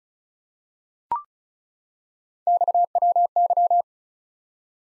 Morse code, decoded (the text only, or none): XWY